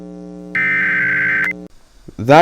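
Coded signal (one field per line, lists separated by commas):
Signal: Emergency Alert System (SAME) tones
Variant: header bursts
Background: speech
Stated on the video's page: Fictional EAS scenario, not a real alert.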